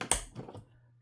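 A 3D-printed plastic bolt is slid into the bottom part of a modular dice tower and twisted until it locks into place. Two sharp plastic clicks are heard at 0.0 and 0.1 seconds, followed by faint rattling and a low hum. Someone talks, and the bolt is confirmed seated and locked.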